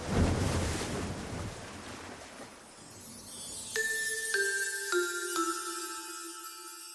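A loud rush of churning, bubbling water as a corked bottle is pulled down into the depths, gradually fading, followed by a series of bright, stepped electronic tones ringing over a faint watery hiss.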